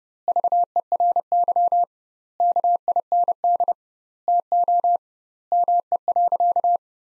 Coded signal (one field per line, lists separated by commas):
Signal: Morse code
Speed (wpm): 30 wpm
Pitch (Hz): 700 Hz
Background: none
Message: VERY KIND TO ME.